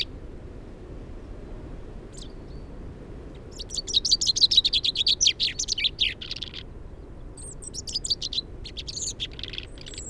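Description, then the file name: Common chaffinch song, one long series of bright notes, followed by quieter chips and a thin high whistle. "Fringilla coelebs"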